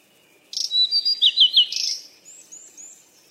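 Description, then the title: Bird chirping: a sudden buzzy burst, then a quick string of curved whistled notes and a buzzy note, fading into faint thin upslurred chirps. "鸟儿喳喳"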